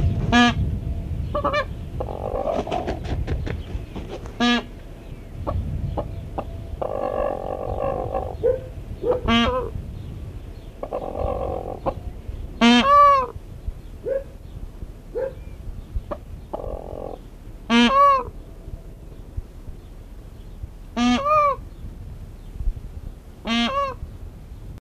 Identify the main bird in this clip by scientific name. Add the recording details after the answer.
Pavo cristatus. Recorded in captivity. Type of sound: call. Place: Zoo Braunschweig-Stöckheim, Niedersachsen, DE. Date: 1975-08-09. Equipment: Halbspur, 9,5 cm/s. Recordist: Lütgens, Hans. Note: Rufe